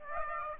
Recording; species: mosquito wingbeat signal from an infrared sensor; Aedes aegypti